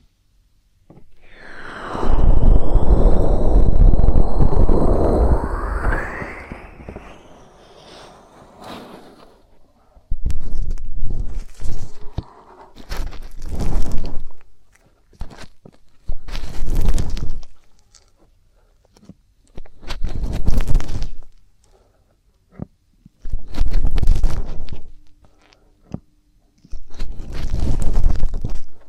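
Ear drum stimulation sounds: a loud, thick rush of rubbing from about 2 to 6 seconds that swells and sweeps in pitch, then fades. After a pause, short crunchy scratching bursts return every three seconds or so, separated by near silence.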